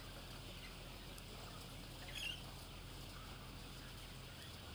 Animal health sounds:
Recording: poultry house recording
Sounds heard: healthy chickens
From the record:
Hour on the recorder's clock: 8

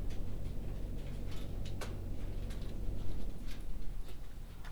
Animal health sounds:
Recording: poultry house recording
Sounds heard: no chicken sound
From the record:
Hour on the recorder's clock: 22

